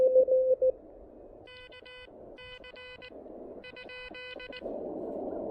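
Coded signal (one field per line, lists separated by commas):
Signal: Morse code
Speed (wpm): 19 wpm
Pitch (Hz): 2500 Hz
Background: none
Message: KC ?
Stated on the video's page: Morse from a QRP field activation with an Elecraft KH1 and a kit-built no-transformer random wire antenna.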